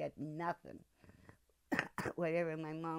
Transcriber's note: coughs